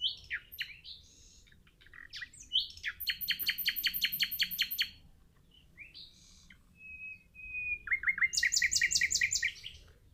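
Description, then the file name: Common nightingale song: varied phrases with fast repeated rattling notes, a run of thin whistled notes near seven seconds, then a loud rapid repeated series to close. "Luscinia megarhynchos"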